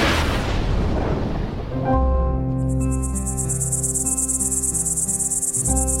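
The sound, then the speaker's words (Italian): After a brief rushing burst of noise, cicadas set up a loud, continuous, shrill chirring that pulses rapidly and holds steady over a low droning hum, with no voices, on a torrid summer day in Sicily. “Il suono delle cicale è assordante.”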